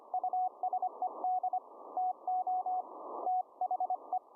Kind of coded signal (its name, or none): Morse code